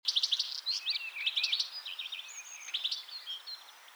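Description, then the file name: European goldfinch song, a continuous rapid twitter of bright, tinkling notes mixed with buzzy trills and thin whistled slurs, busiest at the start and tailing off gradually. "Carduelis carduelis"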